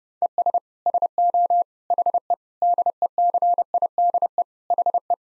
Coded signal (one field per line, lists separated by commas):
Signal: Morse code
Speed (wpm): 29 wpm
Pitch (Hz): 700 Hz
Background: none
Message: ES SO HE DECIDE HE